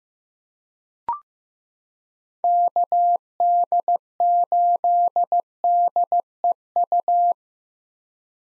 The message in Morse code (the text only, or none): KD8DEU